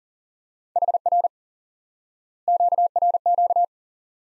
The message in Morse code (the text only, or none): HR QRQ